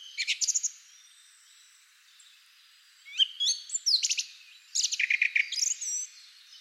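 Bird song: a few quick chirps, then after a pause a tumbling rush of sweeping whistles and fast trilled notes.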